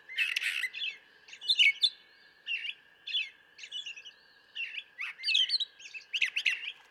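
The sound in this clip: Brown thrasher pouring out an almost unbroken string of varied chirps, whistles and rasps, with a faint steady tone throughout.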